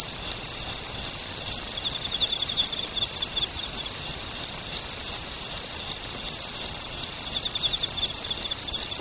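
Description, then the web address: Okame cricket song, high-pitched chirps repeated in quick bursts against a constant shrill insect trill throughout. "sikioto insect okamekourogi"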